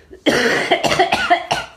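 A quick run of about four dry, slightly muffled coughs from an adult in a small room.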